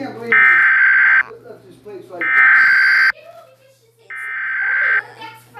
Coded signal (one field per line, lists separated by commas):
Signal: Emergency Alert System (SAME) tones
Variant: header bursts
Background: speech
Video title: Trever (Stikbot) Reaction of the Grieving EAS Scenario